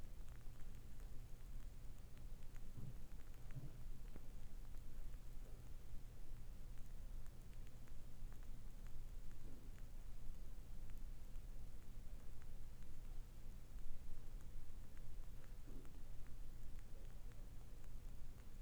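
A crackling candle, like burning wood, gives soft, irregular pops and ticks over a steady low hiss and hum throughout.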